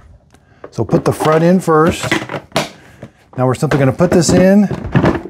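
A plastic dirty-water tank for a Hoover PowerScrub XL Pet FH68050 carpet cleaner is handled and set front-first toward the cleaner's body while someone talks, with a few brief knocks, the loudest at about 2.6 s. Nothing has seated or clicked yet; the tank is still handled, not yet home.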